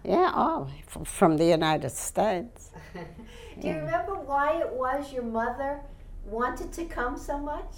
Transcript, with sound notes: Yeah, oh, from the United States.
( she laughs ) Do you remember why it was your mother wanted to come so much?